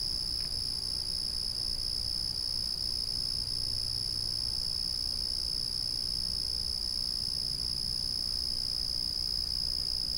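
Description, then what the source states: Cricket song, an even, high-pitched ringing trill sustained without breaks, accompanied by faint low-frequency background noise. A single cricket calling steadily at night.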